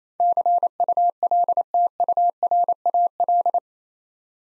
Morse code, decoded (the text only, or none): CULTURAL